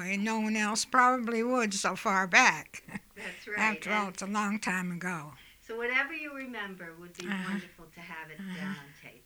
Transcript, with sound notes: No one else probably would so far back. (she laughs)
That's right.
After all, it's a long time ago.
So whatever you remember, it would be wonderful to have it down on tape.